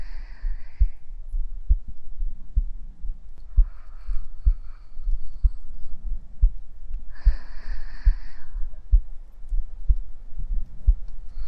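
A heartbeat heard from close against a chest, slow, regular low thumps about once every 0.9 seconds over a deep steady hum. Faint muffled voice-like murmurs drift in around the start, near four seconds, and again around seven to eight seconds.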